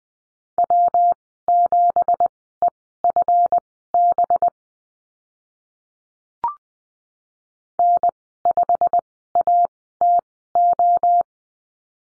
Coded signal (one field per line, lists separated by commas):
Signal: Morse code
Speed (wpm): 20 wpm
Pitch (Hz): 700 Hz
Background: none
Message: W7EFB N5ATO